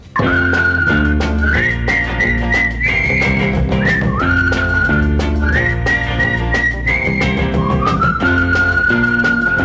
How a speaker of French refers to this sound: Quand un garçon dans la rue rencontre un de ses copains, on lui siffle un petit air qu'il connaît plus ou moins bien. Pour l'appeler, il emploie un truc qu'ils ont mis au point